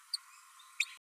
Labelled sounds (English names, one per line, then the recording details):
Green-rumped Parrotlet babbling
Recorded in a nest box in Venezuela
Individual 18B12A1